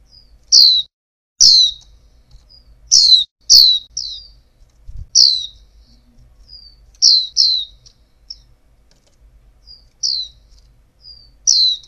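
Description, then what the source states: Oriental white-eye: repeated high, sharp downslurred chirps from an Oriental white-eye, often in quick pairs, with faint soft notes between and a couple of low clicks. Female.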